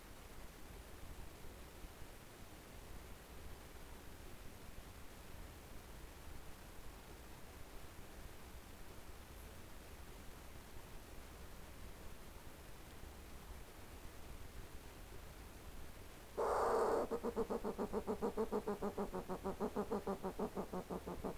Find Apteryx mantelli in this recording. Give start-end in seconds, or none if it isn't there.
none